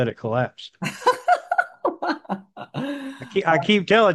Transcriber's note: laughs